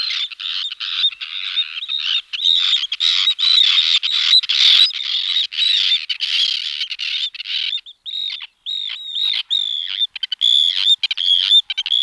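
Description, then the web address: Arctic tern calls, continuous rasping and squealing notes, thinning toward the end into separate short, sharp cries. "Havterne"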